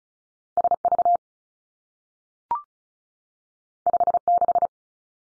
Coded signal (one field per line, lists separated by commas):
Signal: Morse code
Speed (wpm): 36 wpm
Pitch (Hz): 700 Hz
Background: none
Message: S V 5 6